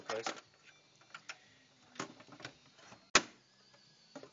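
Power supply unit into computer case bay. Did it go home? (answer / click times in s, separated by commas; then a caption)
yes / 3.2 s. A replacement power supply unit is slid back into its bay in a computer case until its safety tab catches, seating with a sharp click at 3.2 s. Someone talks throughout, and softer handling taps come before and after the click.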